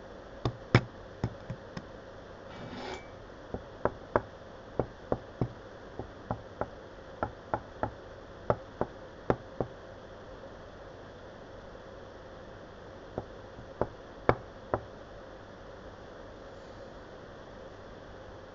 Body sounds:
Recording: background sound without coughing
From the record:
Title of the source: wind

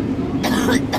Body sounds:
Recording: coughing mixed with background sound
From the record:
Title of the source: choking, hacking coughing

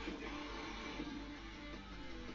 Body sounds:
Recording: background sound without coughing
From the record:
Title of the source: BackgroundMusic

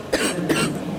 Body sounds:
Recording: coughing mixed with background sound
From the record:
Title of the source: 31 night wet cough

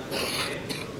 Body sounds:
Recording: coughing mixed with background sound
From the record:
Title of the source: 61 morning phlegmy cough...again

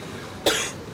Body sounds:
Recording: coughing mixed with background sound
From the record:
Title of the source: 55 gaggy wet cough

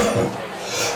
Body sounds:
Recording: coughing mixed with background sound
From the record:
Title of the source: Cough Around the Clock!

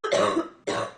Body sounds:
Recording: coughing mixed with background sound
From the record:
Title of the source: female coughing - coughing sound effects girl

